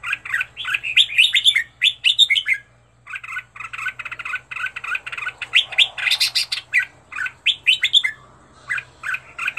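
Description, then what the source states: Red-whiskered bulbul singing fast, chattering runs of chirpy notes, nearly continuous after a short break, with a louder burst midway. Made for training bulbuls to sing, presenting 15 standard song styles.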